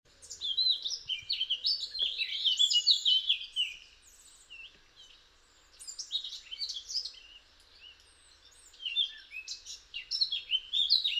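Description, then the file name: Eurasian blackcap song: three bursts of fast, scratchy high warbling separated by brief pauses, each a dense tumble of varied notes. "Sylvia atricapilla"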